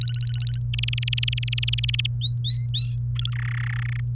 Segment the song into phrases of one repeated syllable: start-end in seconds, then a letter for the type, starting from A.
0.01-0.59 A, 0.73-2.07 B, 2.21-2.97 C, 3.15-3.30 A, 3.32-4.00 D